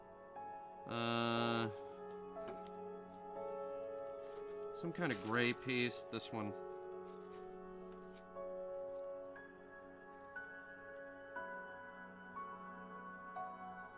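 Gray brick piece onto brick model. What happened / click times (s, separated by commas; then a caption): A small plastic piece is handled but has not clicked into place / none. A gray plastic Lego brick piece is handled over a brick model while someone talks and music plays, with a loud tonal burst near 1 s and a cluster of sounds around 5–6.5 s. The piece has not seated or clicked into place yet.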